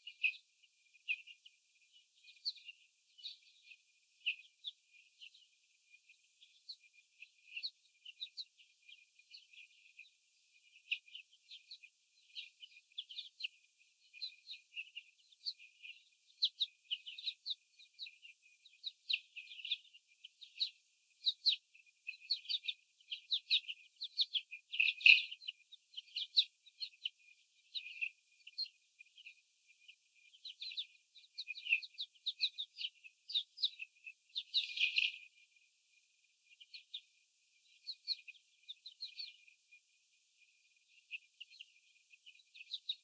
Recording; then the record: young laying hens in a cage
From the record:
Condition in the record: after the stressor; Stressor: sudden umbrella opening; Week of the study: 3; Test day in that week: 2